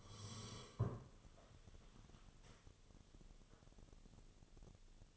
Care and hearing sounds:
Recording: daily activity, microphone in the room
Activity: sit down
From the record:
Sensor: 4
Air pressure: 1016.1 hPa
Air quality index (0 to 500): 168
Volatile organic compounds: 6 ppm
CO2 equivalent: 1914 ppm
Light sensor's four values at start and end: 9/20/8/7 and 9/20/8/7

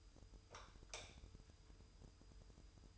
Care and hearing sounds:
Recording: daily activity, microphone in the room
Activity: light off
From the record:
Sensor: 2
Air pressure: 988.3 hPa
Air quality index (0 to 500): 192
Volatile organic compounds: 189 ppm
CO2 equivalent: 4176 ppm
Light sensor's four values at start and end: 11/34/13/13 and 6/16/6/7

